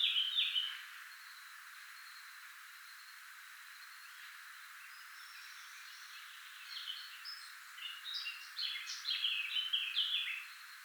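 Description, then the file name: Eurasian blackcap song: a short burst of notes at the start, a long stretch of steady hiss, then a jumbled warbling phrase rising in volume near the end. "Sylvia atricapilla"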